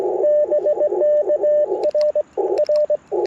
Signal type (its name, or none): Morse code